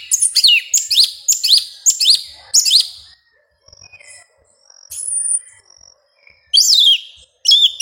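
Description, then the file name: Yellow-legged thrush singing a fast run of high, chirpy, sliding notes, then a pause and a few shrill whistled phrases. "Canto do sabia una"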